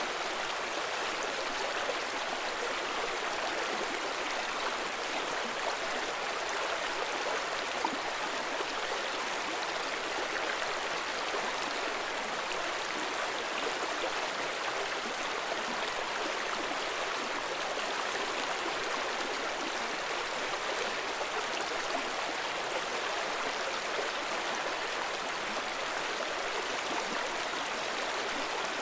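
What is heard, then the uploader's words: A gentle stream runs in a steady, dense rush of bright water with little bass, unchanging and close throughout without breaks. Calm Your Mind with Gentle Stream Sounds.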